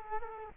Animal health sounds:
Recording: mosquito wingbeat signal from an infrared sensor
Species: Culex quinquefasciatus

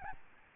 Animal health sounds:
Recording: mosquito wingbeat signal from an infrared sensor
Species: Aedes albopictus

